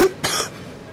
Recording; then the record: coughing mixed with background sound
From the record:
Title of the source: 30 Chesty and wet cough